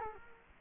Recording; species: mosquito wingbeat signal from an infrared sensor; Culex quinquefasciatus